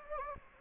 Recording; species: mosquito wingbeat signal from an infrared sensor; Anopheles gambiae